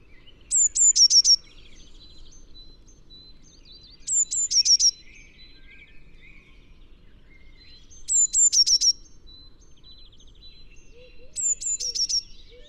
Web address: SETE Cyanistes caeruleus